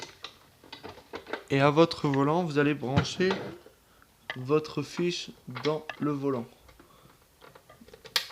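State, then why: Seated. A cable plug is pushed into the socket on a Ferrari 458 Spider racing wheel for Xbox One until it locks, while someone talks over faint handling clicks. A sharp, loud click at 8.2 s marks the plug seating, confirming the wheel is properly connected.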